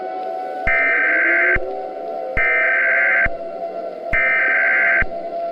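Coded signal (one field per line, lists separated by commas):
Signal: Emergency Alert System (SAME) tones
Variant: header bursts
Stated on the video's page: Fictional EAS scenario, simulated alert.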